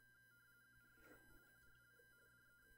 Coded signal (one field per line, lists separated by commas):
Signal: RTTY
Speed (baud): 45.45 baud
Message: QRL QRL DE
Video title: EASY RTTY with Fldigi and Log4OM_Part II